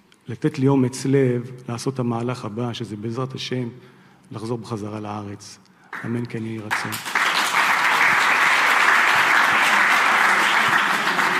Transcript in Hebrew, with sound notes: לתת לי אומץ לב לעשות את המהלך הבא שזה בעזרת השם לחזור בחזרה לארץ אמן כן יהי רצון
[מחיאות כפיים] הרב: